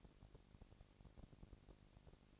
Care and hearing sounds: daily activity, microphone in the room; no activity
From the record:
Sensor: 4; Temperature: 22.4 degrees Celsius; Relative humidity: 31.9%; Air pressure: 997.9 hPa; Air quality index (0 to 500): 203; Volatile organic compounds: 17 ppm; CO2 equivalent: 2572 ppm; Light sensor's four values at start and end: 2/3/1/1 and 2/3/1/1

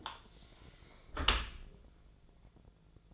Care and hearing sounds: daily activity, microphone in the room; close dishwasher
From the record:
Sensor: 5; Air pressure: 1000.6 hPa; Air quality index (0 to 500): 155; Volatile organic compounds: 2 ppm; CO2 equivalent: 1188 ppm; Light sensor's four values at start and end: 43/97/41/45 and 43/98/42/45

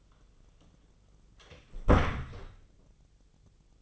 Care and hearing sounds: daily activity, microphone in the room; close door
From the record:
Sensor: 4

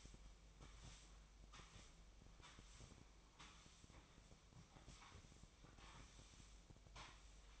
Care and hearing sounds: daily activity, microphone in the room; sweep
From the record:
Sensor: 1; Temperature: 24.7 degrees Celsius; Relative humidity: 39.7%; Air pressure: 1001.6 hPa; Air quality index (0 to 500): 220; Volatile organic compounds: 29 ppm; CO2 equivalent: 2933 ppm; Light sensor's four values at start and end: 8/30/10/12 and 8/30/10/12

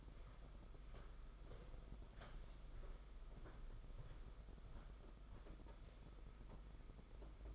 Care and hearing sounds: daily activity, microphone in the room; walk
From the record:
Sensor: 5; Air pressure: 991.8 hPa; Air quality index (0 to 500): 147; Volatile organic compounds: 162 ppm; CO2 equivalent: 4075 ppm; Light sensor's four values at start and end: 32/109/40/43 and 32/109/40/43

